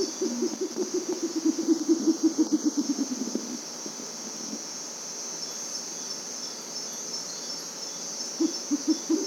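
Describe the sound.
Bare-legged owl giving a rapid, stuttering series of low hoots that slowly drops in pitch over about three seconds, with a short renewed burst at the end over steady insect hiss.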